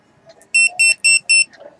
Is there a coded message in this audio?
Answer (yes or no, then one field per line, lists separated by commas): no